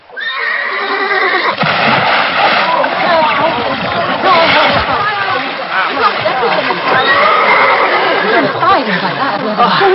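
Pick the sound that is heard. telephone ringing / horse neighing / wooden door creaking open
horse neighing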